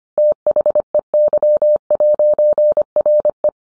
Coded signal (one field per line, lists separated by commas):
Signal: Morse code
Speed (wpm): 25 wpm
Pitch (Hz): 600 Hz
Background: none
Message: THEY'RE